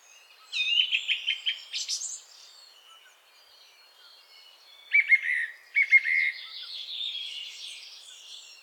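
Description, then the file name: Song thrush song: a series of fast repeated notes rising at the end, a pause, then two short repeated whistled phrases trailing into faint twittering. "Pevchii drozd"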